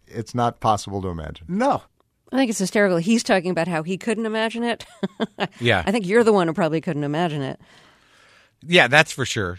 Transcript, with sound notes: It's not possible to imagine.
No.
I think it's hysterical. He's talking about how he couldn't imagine it (laughter).
Yeah.
I think you're the one who probably couldn't imagine it.
Yeah, that's for sure.